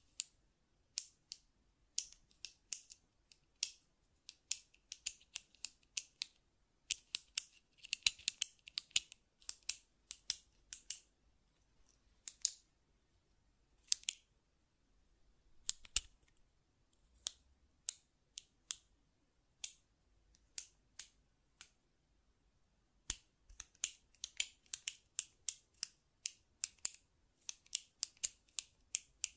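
Buttons are clicked and tapped in sharp, bright, dry bursts, often in quick runs of several clicks, then short pauses. Busy stretches come near the start, around eight seconds, and from about twenty-three seconds on, with a quieter, sparser patch between fifteen and twenty-two seconds.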